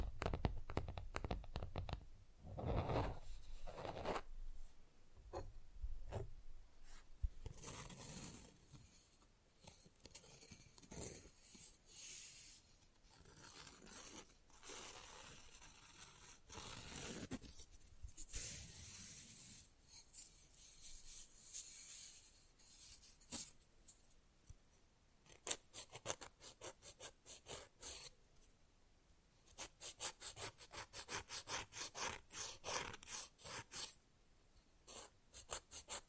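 Fast, rough nail filing rasps in quick back-and-forth strokes, bright and scratchy, with short sharp clicks scattered among them. The strokes come in dense bursts, thin out and soften through the middle, then pick up again in a rapid flurry near the end.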